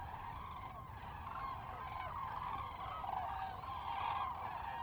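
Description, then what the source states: Common cranes in a continuous, blended chorus of trumpeting calls that swells slightly toward the end. Several birds on a close fly-by at Lac du Der, France, 10 January 2021.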